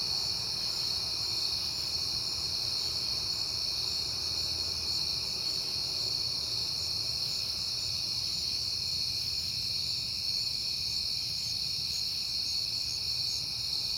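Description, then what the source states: Crickets keep up a dense, high continuous trill throughout, with a low background hum. Crickets recorded on a peaceful night in September; the recordist has been hearing them a lot lately.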